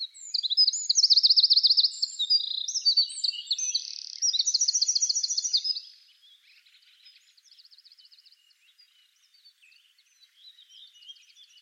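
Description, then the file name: Eurasian wren song, six seconds of loud, high, rapid trills and sharp twittering notes, followed by fainter, softer trilled phrases. "Troglodytes troglodytes"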